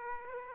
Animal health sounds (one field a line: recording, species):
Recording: mosquito wingbeat signal from an infrared sensor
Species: Aedes aegypti